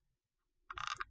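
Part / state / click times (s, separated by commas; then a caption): memory card into handheld console card slot / seated / 0.7 s. A 64 GB memory card is pushed face up into a handheld console's card slot until it latches. After near silence, a sharp click at 0.7 s is followed by a short burst of smaller clicks and rattles that fades by about 1.1 s. The card is seated, and the click signals that it is in.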